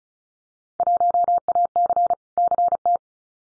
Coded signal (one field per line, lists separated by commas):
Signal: Morse code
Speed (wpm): 36 wpm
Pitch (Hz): 700 Hz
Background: none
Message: 1AC CT